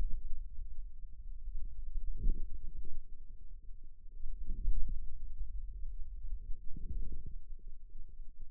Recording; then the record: forearm muscle sounds (acoustic myography)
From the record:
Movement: hand closing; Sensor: system 2, bracelet of six BSWA MPA416 microphones around the upper forearm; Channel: 1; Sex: female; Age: 22 years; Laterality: right